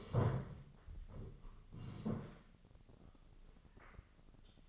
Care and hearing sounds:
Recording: daily activity, microphone in the room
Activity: sit down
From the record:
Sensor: 4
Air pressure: 1013.1 hPa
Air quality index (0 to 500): 176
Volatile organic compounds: 2 ppm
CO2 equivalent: 1112 ppm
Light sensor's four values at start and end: 53/131/55/59 and 53/131/55/59

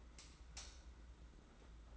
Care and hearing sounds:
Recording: daily activity, microphone in the room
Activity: light off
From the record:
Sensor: 3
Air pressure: 991.9 hPa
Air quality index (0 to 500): 220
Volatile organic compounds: 1000 ppm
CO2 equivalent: 7554 ppm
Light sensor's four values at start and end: 22/59/23/21 and 17/41/16/15

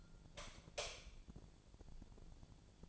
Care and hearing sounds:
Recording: daily activity, microphone in the room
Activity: light off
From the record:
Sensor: 5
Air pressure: 1000.2 hPa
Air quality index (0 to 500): 99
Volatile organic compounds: 1 ppm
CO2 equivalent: 800 ppm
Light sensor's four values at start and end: 235/561/240/264 and 236/562/240/265

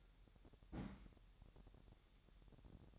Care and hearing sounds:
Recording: daily activity, microphone in the room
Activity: place on stove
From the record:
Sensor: 3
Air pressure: 1012.0 hPa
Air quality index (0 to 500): 201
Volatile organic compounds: 3 ppm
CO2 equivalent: 1502 ppm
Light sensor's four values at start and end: 112/265/109/97 and 112/265/109/97

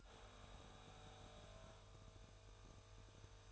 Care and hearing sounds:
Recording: daily activity, microphone in the room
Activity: make coffee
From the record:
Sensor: 2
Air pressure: 1001.9 hPa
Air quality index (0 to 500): 248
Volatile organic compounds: 39 ppm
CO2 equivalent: 3138 ppm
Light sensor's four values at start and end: 8/27/10/10 and 8/27/10/10

